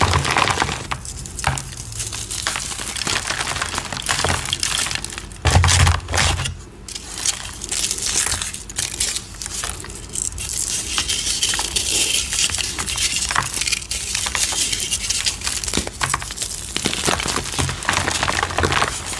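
Gym chalk blocks are crushed in a dense, continuous run of crunchy, gritty crackling that fills the whole stretch. Sharp snaps and crumbles come several times a second, bright and hissy, with a few heavier low thumps near the six-second mark.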